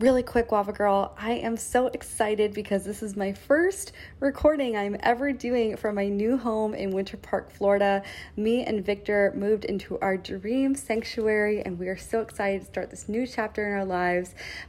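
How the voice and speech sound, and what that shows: A single adult woman speaks from her new home in Winter Park, Florida, in a bright, upbeat voice at a moderately high pitch. Her speech is quick, fluent and clearly articulated, with only short natural pauses. Her voice is clear and steady, consistent with ordinary speech and no speech disorder.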